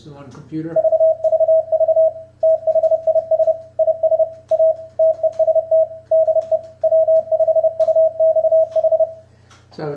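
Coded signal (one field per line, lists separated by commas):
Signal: Morse code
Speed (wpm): 30 wpm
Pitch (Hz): 640 Hz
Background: speech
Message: VVV THIS IS A TEST DE W5UXH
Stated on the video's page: Morse keyed from a key or keyer into the iCW interface, which feeds a computer sound card and headphones.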